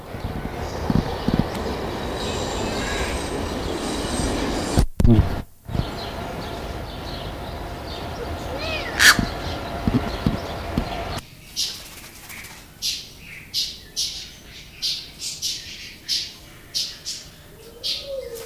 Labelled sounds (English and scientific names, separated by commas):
Beautiful Fruit Dove (Ptilinopus pulchellus)